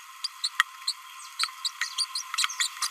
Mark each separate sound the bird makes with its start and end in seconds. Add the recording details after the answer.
0.24-0.27, 0.44-0.48, 0.87-0.92, 1.40-1.47, 1.65-1.68, 1.98-2.04, 2.15-2.21, 2.34-2.46, 2.60-2.67, 2.82-2.87. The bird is a male. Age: 27 days. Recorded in a nest box in Venezuela. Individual 17B31A2